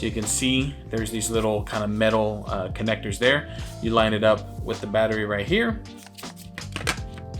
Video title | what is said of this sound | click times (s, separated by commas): Viltrox L116T LED Video Light - Holiday Gift Guide 2020 - Ep. 5 | you hear it snap and | 6.6 s, 6.8 s